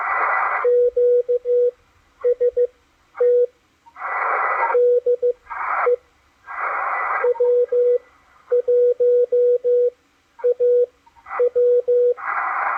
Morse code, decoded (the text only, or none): QST DE W1AW